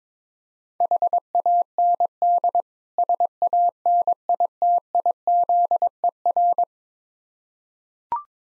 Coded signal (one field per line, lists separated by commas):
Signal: Morse code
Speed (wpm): 22 wpm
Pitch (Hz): 700 Hz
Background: none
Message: HAND SANITIZER